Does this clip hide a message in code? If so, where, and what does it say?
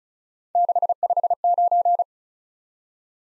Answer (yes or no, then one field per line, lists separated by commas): yes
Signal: Morse code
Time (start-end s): 0.6-2.0 s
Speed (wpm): 36 wpm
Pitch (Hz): 700 Hz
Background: none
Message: 659